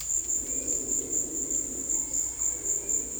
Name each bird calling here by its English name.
none